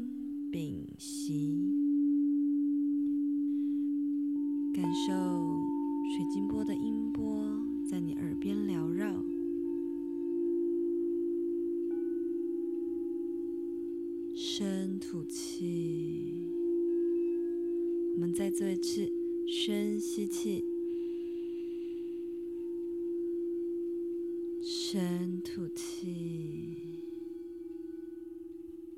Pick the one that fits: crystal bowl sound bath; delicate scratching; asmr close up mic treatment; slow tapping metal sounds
crystal bowl sound bath